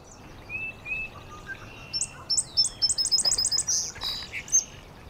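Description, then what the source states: Indigo Bunting song: a brisk run of high-pitched, repeated notes. Migrant singing up in a maple by a marsh in April; probably arrived from the south overnight, does not normally nest there; high-pitched, every note and phrase repeated.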